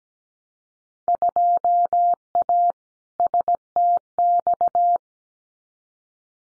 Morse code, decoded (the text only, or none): 2A STX